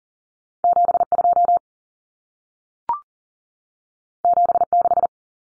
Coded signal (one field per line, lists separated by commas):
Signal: Morse code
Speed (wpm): 40 wpm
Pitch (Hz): 700 Hz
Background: none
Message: 72 76